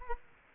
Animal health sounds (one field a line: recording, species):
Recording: mosquito wingbeat signal from an infrared sensor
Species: Culex quinquefasciatus